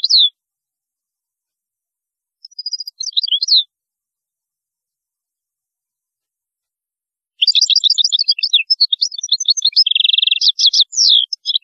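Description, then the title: European goldfinch song: a single note, a short twitter, then a long fast run of liquid, tinkling twitters and buzzy trills after a pause. "Chant Chardonneret"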